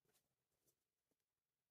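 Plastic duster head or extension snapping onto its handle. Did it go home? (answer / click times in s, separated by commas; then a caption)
no / none. A plastic duster head or extension from a dollar-store cleaning tool is handled and pushed toward its handle, giving soft rustling handling noises with brief bursts near 0.2, 0.7 and 1.1 seconds. The part has not locked into place yet, and nothing has seated or clicked.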